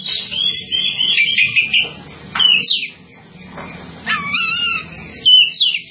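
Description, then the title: Java sparrow song: chattering high notes and clicks, a pause, then a clear slurred whistle and more sharp chirps. "kicau gelatik"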